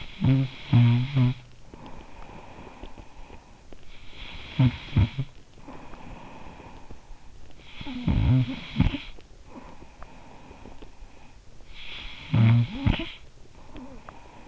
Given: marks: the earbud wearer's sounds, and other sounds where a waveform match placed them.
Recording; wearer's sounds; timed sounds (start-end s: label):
sounds in sleep by an in-ear microphone; snoring breath
0.00-14.48 s: snoring breath